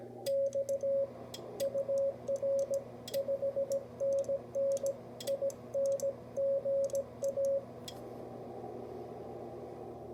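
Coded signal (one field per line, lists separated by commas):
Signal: Morse code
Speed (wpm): 16 wpm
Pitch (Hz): 550 Hz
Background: radio noise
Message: X UR 5NN INGA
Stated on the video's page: Amateur Morse received on a home-built vertical antenna of EMT conduit, covering 30 to 6 meters without radials.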